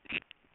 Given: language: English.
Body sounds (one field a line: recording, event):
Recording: throat vibration sensor signal played as sound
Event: swallow